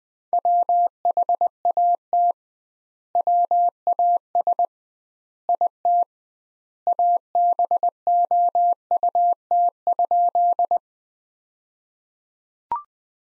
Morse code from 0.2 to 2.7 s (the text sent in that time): WHAT